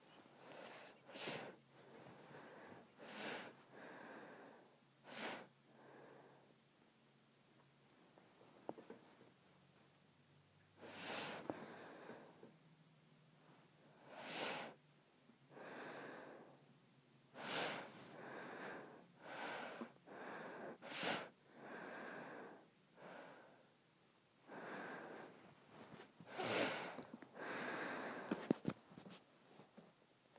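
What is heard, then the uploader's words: Someone sniffs repeatedly, short sharp intakes of air through the nose coming every couple of seconds, sometimes in quick pairs or clusters. Between sniffs there are softer breaths and brief quiet gaps, with a faint low hum underneath throughout. ASMR Sniffing and Smelling.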